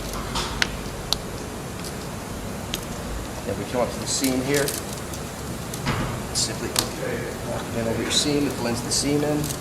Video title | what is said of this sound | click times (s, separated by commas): Wheel Bands Install Instructions / Tesla Model S | Get that in, you hear that click. | 0.6 s, 1.1 s